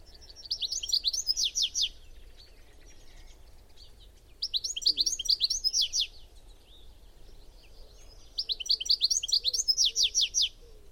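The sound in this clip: Bird song: three bursts of rapid, high, down-slurred notes, each about a second and a half, separated by pauses.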